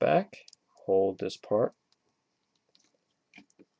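Someone talks while pushing back and holding the spring-loaded holster flap on the plastic leg of a NECA RoboCop action figure, followed by a few faint, brief handling ticks. The flap has not latched closed yet; nothing has seated or clicked.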